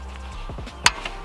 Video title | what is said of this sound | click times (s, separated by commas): REPLACING THE DISTRIBUTOR CAP & ROTOR ARM - VW MK1 CADDY | with that bit on top and make sure it clicks in | 0.9 s